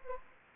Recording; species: mosquito wingbeat signal from an infrared sensor; Anopheles gambiae